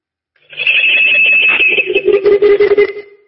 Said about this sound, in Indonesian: Oh, maaf ada telepon Ustaz.